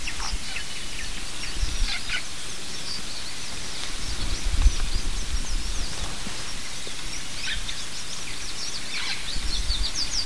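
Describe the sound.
Birds chirping: many short, high chirps and twitters overlapping throughout, over a steady low rumbling background noise.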